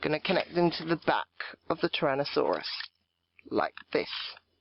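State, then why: Not seated. Someone talks while lining up the plastic pegs of one toy Zord with the peg holes on the back of the Tyrannosaurus Zord, with a short quiet pause partway through. The pegs are handled but nothing has seated or clicked yet.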